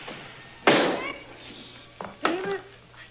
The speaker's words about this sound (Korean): 터져버리는 풍선.